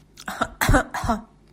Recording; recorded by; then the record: voluntary cough; messaging app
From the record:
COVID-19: negative